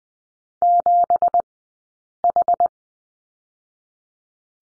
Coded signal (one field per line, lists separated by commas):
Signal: Morse code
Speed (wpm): 20 wpm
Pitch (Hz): 700 Hz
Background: none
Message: 7H